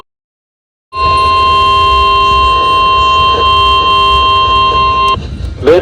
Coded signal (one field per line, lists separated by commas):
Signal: Emergency Alert System (SAME) tones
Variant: 1050 Hz attention tone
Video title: Required Weekly Test EAS #6